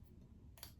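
A single razor blade is being loaded into a single-blade razor head, with low-frequency handling rumble throughout and a brief, bright tick near 0.6 seconds. The blade is handled but not yet home, and nothing has seated or clicked yet.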